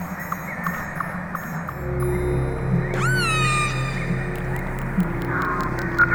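Whale call: one sharp rising then falling squeal with strong harmonics near the middle, set among scattered clicks and a steady low rumble.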